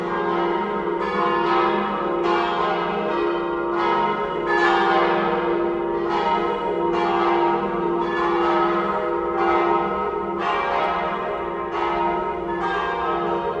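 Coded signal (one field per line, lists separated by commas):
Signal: bell signal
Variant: battiore and plenum, 5 bells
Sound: several church bells ringing together in steady overlapping peals, strikes about once a second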